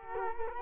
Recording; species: mosquito wingbeat signal from an infrared sensor; Culex quinquefasciatus